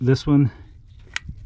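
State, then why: Seated. A plastic electrical connector is lined up on a fuel injector of a Cadillac Northstar engine and pushed down until it latches, while someone talks. A short, sharp click is heard at 1.2 seconds as the connector seats.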